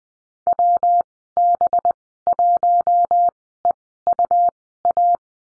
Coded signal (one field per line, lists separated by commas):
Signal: Morse code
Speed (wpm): 20 wpm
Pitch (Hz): 700 Hz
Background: none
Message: WB1EUA